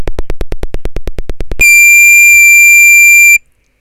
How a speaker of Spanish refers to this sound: Ese pitido tan agudo no ha sido obra nuestra, ha sido cosa de Javi